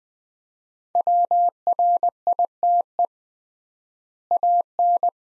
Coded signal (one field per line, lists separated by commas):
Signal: Morse code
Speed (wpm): 20 wpm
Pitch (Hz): 700 Hz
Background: none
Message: WRITE AN